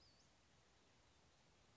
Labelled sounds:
Western Flycatcher (Empidonax difficilis)
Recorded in Sonoma County, California

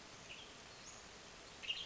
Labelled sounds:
Western Tanager (Piranga ludoviciana)
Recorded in Sonoma County, California

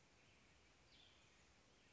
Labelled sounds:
Cassin's Vireo (Vireo cassinii)
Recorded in Sonoma County, California

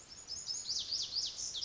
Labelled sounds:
Lazuli Bunting (Passerina amoena)
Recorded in Sonoma County, California

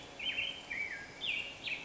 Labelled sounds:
Black-headed Grosbeak (Pheucticus melanocephalus)
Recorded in Sonoma County, California

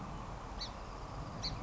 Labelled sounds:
Song Sparrow (Melospiza melodia)
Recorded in Sonoma County, California

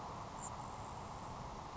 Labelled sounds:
Grasshopper Sparrow (Ammodramus savannarum)
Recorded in Sonoma County, California

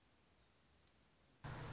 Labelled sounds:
Anna's Hummingbird (Calypte anna)
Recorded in Sonoma County, California

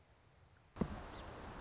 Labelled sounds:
Song Sparrow (Melospiza melodia)
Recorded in Sonoma County, California

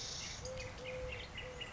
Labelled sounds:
Eurasian Collared Dove (Streptopelia decaocto)
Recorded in Sonoma County, California

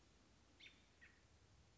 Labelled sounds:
American Robin (Turdus migratorius)
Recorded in Sonoma County, California

